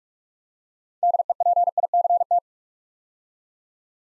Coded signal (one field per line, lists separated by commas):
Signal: Morse code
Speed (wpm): 44 wpm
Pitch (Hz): 700 Hz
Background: none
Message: DEPICT